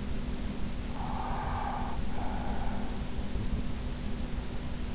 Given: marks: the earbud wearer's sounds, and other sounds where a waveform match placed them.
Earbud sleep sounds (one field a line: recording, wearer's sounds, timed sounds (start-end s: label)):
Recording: sounds in sleep by an in-ear microphone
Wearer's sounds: breath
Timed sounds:
0.83-3.45 s: breath